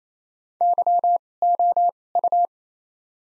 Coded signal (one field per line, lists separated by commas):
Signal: Morse code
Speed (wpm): 28 wpm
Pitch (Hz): 700 Hz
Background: none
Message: Y O U